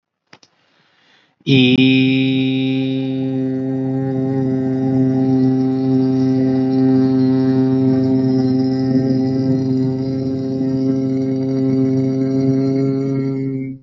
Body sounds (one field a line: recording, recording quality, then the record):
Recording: sustained vowel as in beet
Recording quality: excellent, no background noise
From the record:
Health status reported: healthy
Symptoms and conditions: none ticked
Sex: male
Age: 30 years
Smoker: not ticked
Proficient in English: yes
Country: India